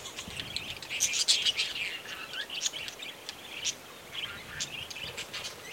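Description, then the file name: Budgerigars giving quick warbled chirrups and squeaky notes, a continuous busy chatter over a light background hiss. Budgerigars near Gosses Bluff, Northern Territory. "BIRD-budgies-nr-gosses-bluff nt"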